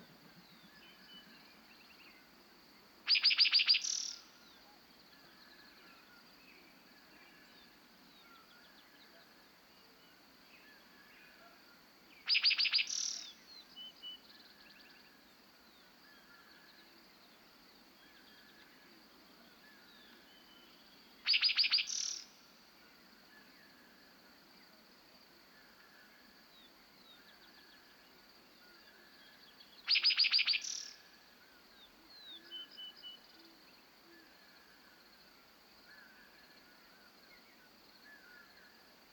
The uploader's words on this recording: Dawn on an American Prairie. Conscious of surrounding ripples, the warm meadowlark song drifts in the air. Field Recording by Nick McMahan in Montana, USA.